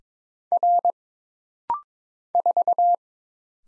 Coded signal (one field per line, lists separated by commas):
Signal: Morse code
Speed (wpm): 23 wpm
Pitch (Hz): 700 Hz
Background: none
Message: R 4